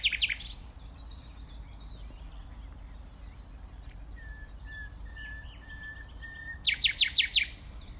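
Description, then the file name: Common nightingale song: a loud opening burst, a long quiet stretch of faint whistles, then a short run of loud rapid notes at the end. "Luscinia megarhynchos"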